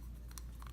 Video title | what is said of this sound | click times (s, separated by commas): Fantastic Voyage Moebius Proteus build part 1 | But generally, all this does is this just clicks into place, | 0.4 s